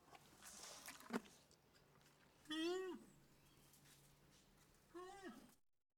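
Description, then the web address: Animal calls: two drawn-out, harmonic cries that fall in pitch, one at about two and a half seconds and one near five seconds, over a low steady hum. "Lucasfilm Sound Effects Library Cd 1-Animal Sounds"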